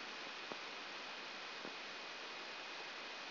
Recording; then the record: brain microelectrode recording played as sound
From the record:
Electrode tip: outside the subthalamic nucleus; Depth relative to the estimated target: -4 mm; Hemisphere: right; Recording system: AlphaMap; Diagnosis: Parkinson's disease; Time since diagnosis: 15 years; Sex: female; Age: 68 years